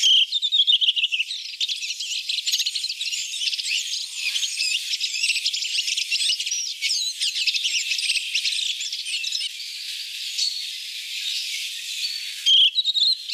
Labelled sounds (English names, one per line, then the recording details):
Redwing song
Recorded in the wild
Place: Wasenweiler bis Merdingen, Baden-Württemberg, DE
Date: 1983-04-04
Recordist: Schwarz, Dieter